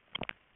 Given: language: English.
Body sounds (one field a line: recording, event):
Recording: throat vibration sensor signal played as sound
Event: swallow